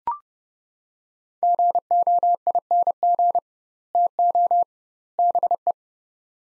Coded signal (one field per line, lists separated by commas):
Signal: Morse code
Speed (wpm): 30 wpm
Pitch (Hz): 700 Hz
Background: none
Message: GOING TO BE